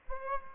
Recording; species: mosquito wingbeat signal from an infrared sensor; Aedes aegypti